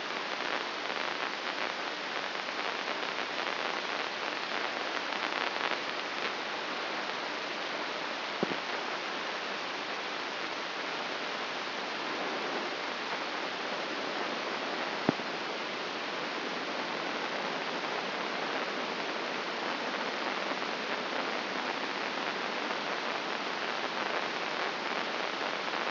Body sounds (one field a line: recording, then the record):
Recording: brain microelectrode recording played as sound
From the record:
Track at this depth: inside the subthalamic nucleus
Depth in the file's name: 5.816 mm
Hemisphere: left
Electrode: 2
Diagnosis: Parkinson's disease